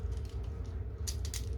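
The two pegs of a plastic sword shield are fitted into two holes on a 1/100 Master Grade Wing Gundam model kit, and the shield is slid into place over a low steady hum with faint scraping. It snaps home with two sharp plastic clicks at about 1.2 and 1.3 seconds, and the shield is seated.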